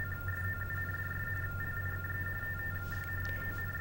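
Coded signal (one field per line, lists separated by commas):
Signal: RTTY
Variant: TTY Baudot, 45.45 baud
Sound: rapid warbling between two close high tones, continuous teletype-style chatter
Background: low hum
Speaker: sounds like tty tones so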